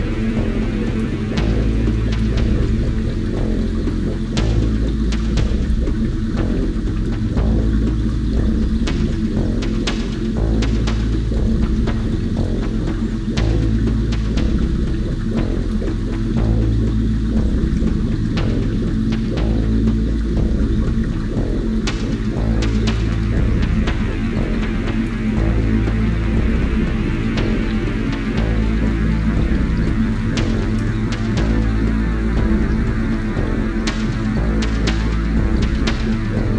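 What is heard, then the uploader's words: A thunderstorm with a deep, steady rumble that never lets up, plus a constant low hum beneath it. Sharp crackles and ticks like raindrops scatter throughout, thickest around the 10, 22 and 35 second marks, while the overall loudness stays even. Actual recording of a thunderstorm.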